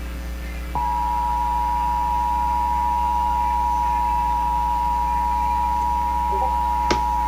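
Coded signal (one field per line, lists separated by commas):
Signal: Emergency Alert System (SAME) tones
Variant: 853 and 960 Hz attention tone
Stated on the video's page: Live stream broadcast.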